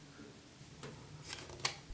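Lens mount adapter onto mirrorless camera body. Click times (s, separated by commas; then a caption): 1.6 s. A Commlite metal Canon EF-to-EOS M lens adapter is twisted onto the mount of a Canon EOS M mirrorless camera body. A soft scraping tick at 0.8 s and a rising rustle lead to a sharp, bright click at 1.7 s. The adapter locks onto the mount and is seated.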